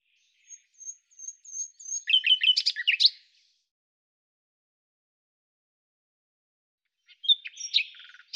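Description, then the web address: Common nightingale song opening with a series of soft, high, evenly spaced whistled notes that build into a loud rapid trill. A second buzzy phrase follows after a pause. Cleaned, normalized recording. "Deverinetal 2025"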